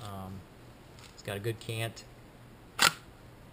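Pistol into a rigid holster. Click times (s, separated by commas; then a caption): 2.9 s. A pistol is pushed into a rigid holster while someone talks about its retention. It seats with a sharp, positive click at 2.9 s, snapping firmly into place.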